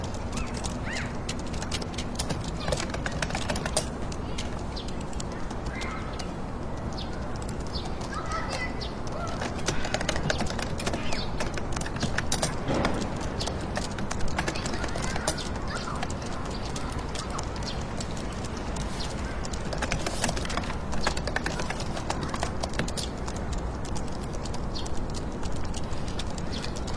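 Fingertip typing in a computer room: soft, quick taps run almost without pause for the whole stretch, irregular in pace with a few sharper clicks around 12, 20 and 23 seconds. A steady low urban hiss and rumble sits underneath throughout.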